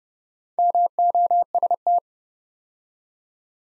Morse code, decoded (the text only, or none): MOST